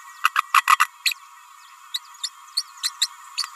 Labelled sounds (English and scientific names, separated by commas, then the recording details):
Green-rumped Parrotlet (Forpus passerinus) babbling
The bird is a female
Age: 29 days
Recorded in a nest box in Venezuela
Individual 17B31A3